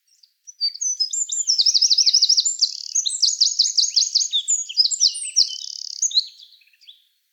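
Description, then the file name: Eurasian wren song: a sustained high-pitched cascade of trills and rapid notes lasting about six seconds. "Troglodytes troglodytes"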